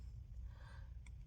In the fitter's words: snaps back in